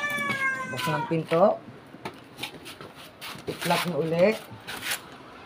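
A plastic door is being fitted and pressed into the front of a shoe box while someone talks, and cat-like meows are heard. Short sharp handling sounds occur at about 2.1, 2.4 and 2.8 seconds. The clip ends before the door goes home, so nothing has seated or locked yet.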